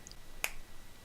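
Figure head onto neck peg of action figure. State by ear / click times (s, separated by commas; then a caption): seated / 0.4 s. An unmasked plastic civilian head is pushed onto an action figure's neck ball peg. A sharp, bright snap at 0.4 s marks the head clicking into place, preceded by two faint high ticks near 0.1 s. The head is seated on the peg.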